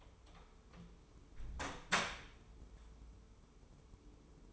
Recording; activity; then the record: daily activity, microphone in the room; close door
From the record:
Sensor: 1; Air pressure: 1015.1 hPa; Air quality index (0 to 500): 110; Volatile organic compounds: 3 ppm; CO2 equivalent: 1480 ppm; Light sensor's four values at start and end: 14/33/14/15 and 14/33/14/15